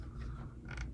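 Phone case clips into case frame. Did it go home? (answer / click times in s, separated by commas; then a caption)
no / none. A phone is pressed into a plastic waterproof case for the iPhone 15 Pro Max while the edge clips are handled so everything seats and seals. Creaking plastic and handling noise are heard, with a sharp onset right at the end of the clip. Nothing has seated or clicked yet.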